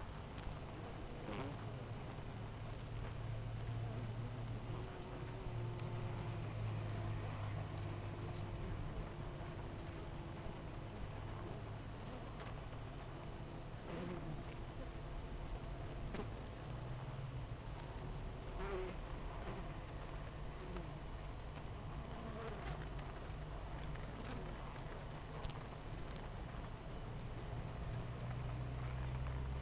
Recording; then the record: honeybee colony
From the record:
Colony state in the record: missing queen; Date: 14 July 2017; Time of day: 8:33